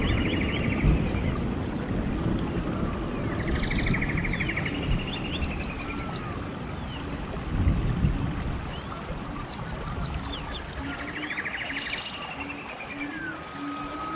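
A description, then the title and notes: Birds call in repeated bright trilling phrases every few seconds over a steady, dense low rumble of wind and soft rain in the mountains. Light rain and birdsong in the deep mountains.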